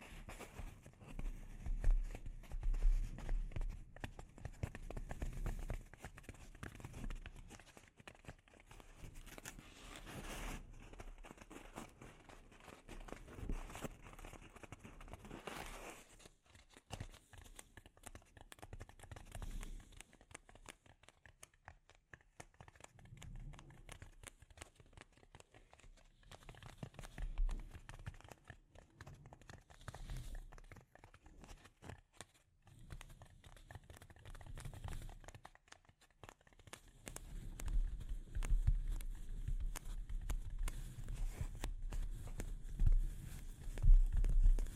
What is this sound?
Delicate Mic Scratching and Tapping